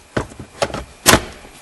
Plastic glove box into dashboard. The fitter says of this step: and you get the box back in snap